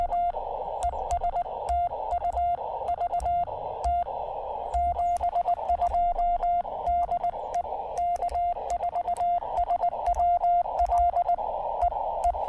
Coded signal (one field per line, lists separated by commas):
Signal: Morse code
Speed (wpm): 19 wpm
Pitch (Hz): 700 Hz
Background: radio noise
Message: A ESTU VT 72 DE K4SWL E E